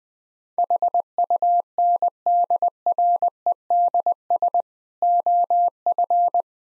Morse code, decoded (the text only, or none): HUNDREDS OF